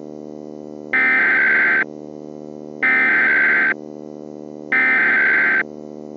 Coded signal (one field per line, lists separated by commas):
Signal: Emergency Alert System (SAME) tones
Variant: header bursts